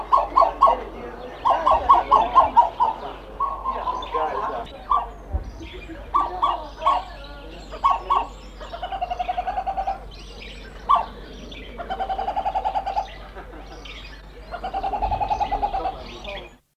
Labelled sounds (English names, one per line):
Eastern Plantain-eater call